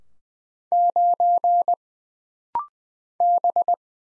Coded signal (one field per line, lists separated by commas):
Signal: Morse code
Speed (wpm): 20 wpm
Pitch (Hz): 700 Hz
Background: none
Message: 9 B